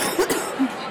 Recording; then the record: coughing mixed with background sound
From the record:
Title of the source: 30 Chesty and wet cough